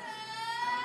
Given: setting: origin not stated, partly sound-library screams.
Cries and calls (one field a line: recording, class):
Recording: one-second piece from a danger detection set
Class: woman in danger